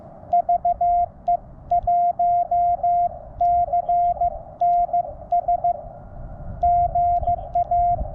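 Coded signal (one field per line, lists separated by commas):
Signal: Morse code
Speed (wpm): 15 wpm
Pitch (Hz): 700 Hz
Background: none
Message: VE1CNS GA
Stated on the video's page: QRP CW Parks on the Air activation at Chatfield State Park, sent with an iambic paddle on a QMX transceiver into an end-fed half-wave antenna.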